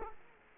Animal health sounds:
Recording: mosquito wingbeat signal from an infrared sensor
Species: Culex quinquefasciatus

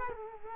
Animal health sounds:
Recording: mosquito wingbeat signal from an infrared sensor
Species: Culex quinquefasciatus

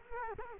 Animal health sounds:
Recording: mosquito wingbeat signal from an infrared sensor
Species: Culex quinquefasciatus

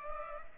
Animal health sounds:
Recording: mosquito wingbeat signal from an infrared sensor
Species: Culex pipiens

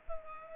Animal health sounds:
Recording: mosquito wingbeat signal from an infrared sensor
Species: Culex pipiens

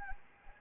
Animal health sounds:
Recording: mosquito wingbeat signal from an infrared sensor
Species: Anopheles arabiensis

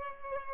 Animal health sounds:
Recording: mosquito wingbeat signal from an infrared sensor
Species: Culex pipiens

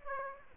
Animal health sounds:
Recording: mosquito wingbeat signal from an infrared sensor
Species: Aedes aegypti

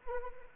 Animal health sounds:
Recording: mosquito wingbeat signal from an infrared sensor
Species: Anopheles arabiensis

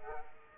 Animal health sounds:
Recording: mosquito wingbeat signal from an infrared sensor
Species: Aedes aegypti

